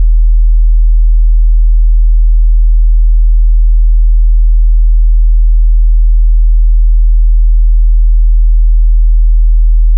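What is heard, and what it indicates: A steady, unbroken, very low pure hum holds at the same pitch and loudness for the whole ten seconds. It is a generated test tone, not a body sound, used for tinnitus determination by matching the pitch of a person's tinnitus.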